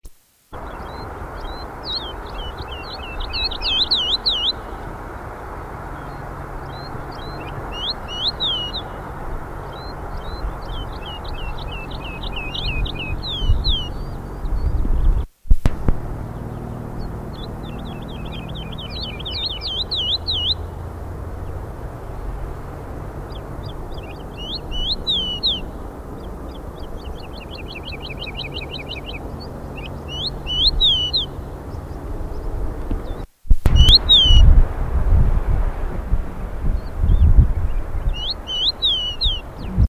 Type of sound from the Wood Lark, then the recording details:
call. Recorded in the wild. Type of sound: call. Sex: female. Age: adult. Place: Erlangen, Bayern, DE. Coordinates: 49.6028, 10.9819. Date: 1964-04-06. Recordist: Tretzel, Erwin. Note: Möhrendorfer Straße: Weibchen: eigenartige Rufe